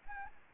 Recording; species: mosquito wingbeat signal from an infrared sensor; Anopheles arabiensis